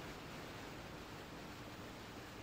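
waterfall rushing water

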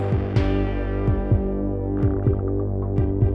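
heartbeat sound effect

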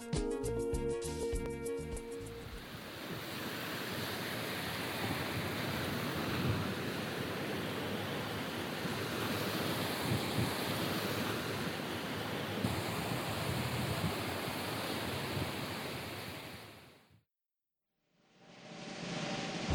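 ocean waves and surf

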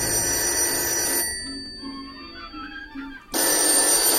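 telephone bell ringing

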